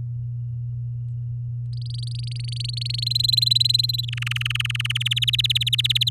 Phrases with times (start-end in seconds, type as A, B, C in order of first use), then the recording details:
1.73-3.04 A, 3.06-4.05 B, 4.08-4.98 C, 5.00-6.09 D. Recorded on 7 May 2018 at 19:26. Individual llb16